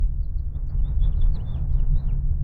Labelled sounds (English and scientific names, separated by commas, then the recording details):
House Finch (Haemorhous mexicanus) song
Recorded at WGilgo Beach on Long Island, New York, on 22 May 1975
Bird C